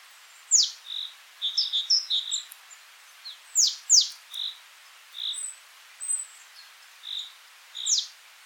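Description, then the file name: Great tit calls, sharp high notes sweeping steeply downward mixed with short soft chips, scattered irregularly throughout with brief gaps between. "Parus major"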